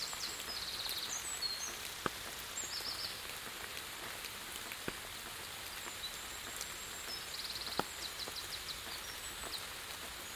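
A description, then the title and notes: Light rain falls steadily, a soft hiss with scattered sharp drips and taps on surfaces, a few louder ones near two, five and eight seconds. Faint high bird calls sound in the background, and the low end stays quiet throughout. A light and percussive rain, endless trees, huddled under the overhang of a middle-of-nowhere tiny stone church. In Situ Season 1 episodes are 5 minutes of ambient sound recorded along del Norte, the northern coastal route of the Camino de Santiago network of pilgrimage paths converging in Spain. These tiny meditations are made with binaural microphones.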